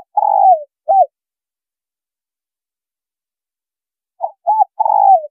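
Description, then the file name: Spotted dove: the tail of one low coo phrase, a long silence, then another phrase starting with two quick notes and a drawn coo. Female bird. "Tieng cu gay mai"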